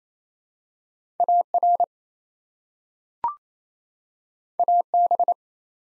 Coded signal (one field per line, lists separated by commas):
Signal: Morse code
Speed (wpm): 27 wpm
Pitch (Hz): 700 Hz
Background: none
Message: AR AB